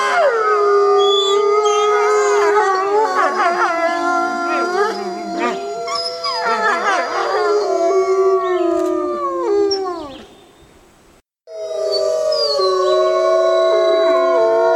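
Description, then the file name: Wolf chorus of overlapping howls, some steady and some quavering and sliding, fading out near ten seconds, then a brief gap before howling resumes strongly. Several wolves recorded at Bay Mountain. "Bay Mtn Wolves"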